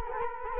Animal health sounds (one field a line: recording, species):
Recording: mosquito wingbeat signal from an infrared sensor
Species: Culex quinquefasciatus